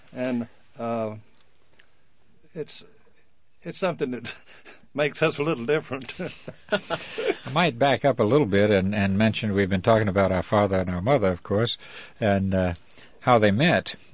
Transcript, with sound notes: And it's, it's something that makes us a little different. (they laugh)
Might back up and mention a little bit, we had been talking about our father and mother, of course, and how they met.